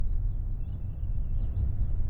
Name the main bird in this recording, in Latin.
Haemorhous mexicanus